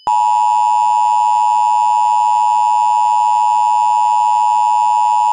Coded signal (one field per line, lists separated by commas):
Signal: Emergency Alert System (SAME) tones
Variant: 853 and 960 Hz attention tone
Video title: EAS Mock: Destruction by Hidden Faults